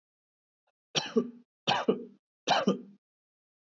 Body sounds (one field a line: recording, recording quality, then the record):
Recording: shallow voluntary cough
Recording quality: excellent, no background noise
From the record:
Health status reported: respiratory illness, not identified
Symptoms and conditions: chronic lung disease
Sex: male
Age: 26 years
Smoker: not ticked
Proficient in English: yes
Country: India